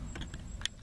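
An electrical connector is pushed back onto the washer fluid pump on the plastic reservoir of a GMC Yukon, worked from under the truck. After a few faint rustles and taps, a sharp click at 0.6 seconds marks the connector snapping into place, confirming it is seated.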